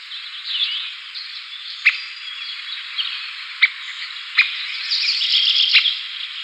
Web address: Schulze Peter Three-toed Woodpecker calls